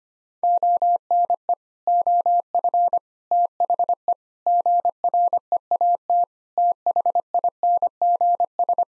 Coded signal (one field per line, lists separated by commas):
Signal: Morse code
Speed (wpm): 25 wpm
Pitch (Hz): 700 Hz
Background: none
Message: ONE OF THE GREAT THINGS